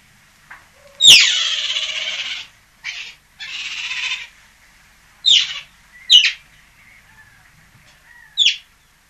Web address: european otter